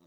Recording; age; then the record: pig call; piglet (1 to 25 days)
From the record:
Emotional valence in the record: positive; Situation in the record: short reunion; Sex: female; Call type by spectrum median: low-frequency call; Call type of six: low-frequency tonal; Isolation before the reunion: 3 minutes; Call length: 0.06 s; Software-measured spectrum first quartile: 274 Hz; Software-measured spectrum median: 575 Hz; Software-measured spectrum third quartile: 2574 Hz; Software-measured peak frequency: 342 Hz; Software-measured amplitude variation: 4 dB a second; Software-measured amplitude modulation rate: 7.8 a second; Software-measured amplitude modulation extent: 0.5 dB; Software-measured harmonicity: 0.2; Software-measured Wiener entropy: -2.35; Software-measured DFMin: 513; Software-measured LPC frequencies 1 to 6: 349, 1085, 2057, 3812, 5699, 6689 Hz